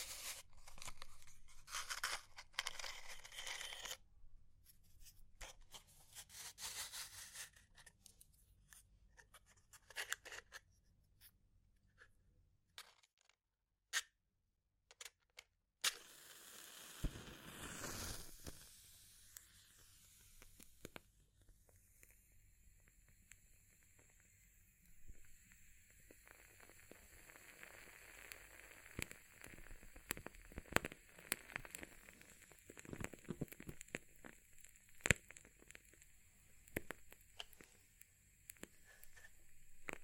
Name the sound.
Fire Crackling, Tapping, Scratching